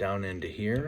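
A plastic panel on a Hasbro Transformers Studio Series Constructicon Scrapper action figure is being handled, about to be pushed down into its slot on the figure's body. Someone talks throughout the clip. Nothing has seated or clicked yet.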